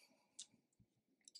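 A plastic rod end is squeezed with flat pliers onto the small metal pivot ball of a TLR 22SCT RC truck shock absorber to finish the shock. A sharp snap sounds at 0.4 s as the rod end seats on the ball, followed by a couple of faint light ticks near 1.3 s and 1.4 s. The rod end is fully snapped on and the shock is assembled.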